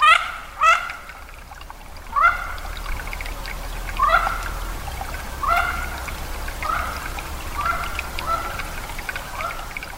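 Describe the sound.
Mandarin duck calls, repeated short rising whistled notes.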